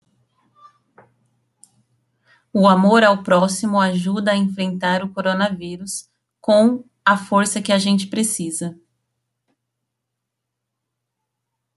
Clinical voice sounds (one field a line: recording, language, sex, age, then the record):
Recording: spoken sentence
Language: Brazilian Portuguese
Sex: female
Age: 30 to 39 years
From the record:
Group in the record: control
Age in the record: 32 years